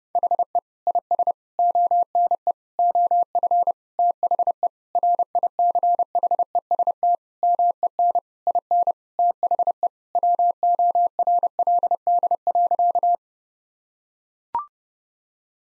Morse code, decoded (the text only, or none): HE IS ONE OF THE RICHEST MEN IN THE WORLD.